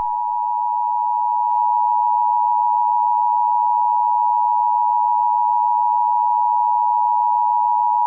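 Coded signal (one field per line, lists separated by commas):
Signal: Emergency Alert System (SAME) tones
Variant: 853 and 960 Hz attention tone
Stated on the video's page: Fictional EAS scenario about asteroids hitting Earth.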